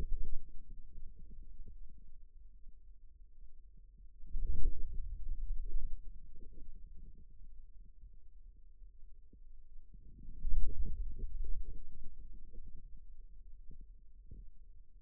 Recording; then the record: forearm muscle sounds (acoustic myography)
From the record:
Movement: wrist flexion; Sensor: system 2, bracelet of six BSWA MPA416 microphones around the upper forearm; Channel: 5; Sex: male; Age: 22 years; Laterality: right